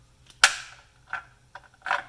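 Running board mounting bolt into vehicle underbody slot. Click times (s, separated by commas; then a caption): 0.4 s. A running-board mounting bolt for a 2018-2023 VW Atlas OEM running board is held and pushed up into the slot on the vehicle's underbody. It pops into place with a sharp, loud snap at 0.4 s, followed by softer knocks around 1.1, 1.6 and 1.9 s. The bolt is seated.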